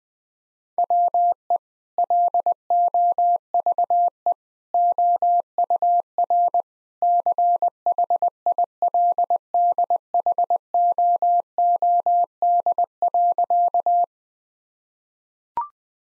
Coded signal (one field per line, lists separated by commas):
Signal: Morse code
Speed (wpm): 19 wpm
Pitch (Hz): 700 Hz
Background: none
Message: WE LOVE OUR CHILDHOOD.